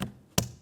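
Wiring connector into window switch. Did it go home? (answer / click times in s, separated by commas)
yes / 0.4 s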